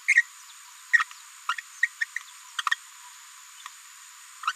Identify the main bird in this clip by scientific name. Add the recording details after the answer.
Forpus passerinus. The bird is a female. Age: 30 days. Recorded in a nest box in Venezuela. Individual 17B73B3